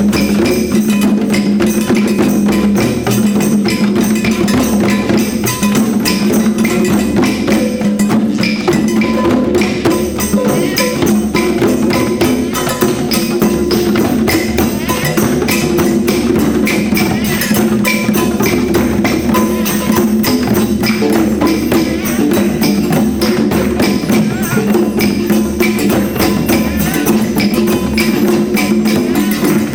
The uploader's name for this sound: Boy Scout Drum Circle